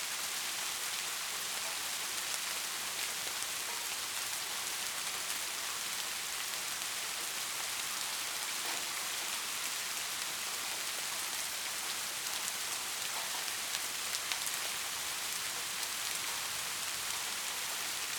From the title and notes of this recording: Soothing Rainfall Ambient Sounds. Soft rain.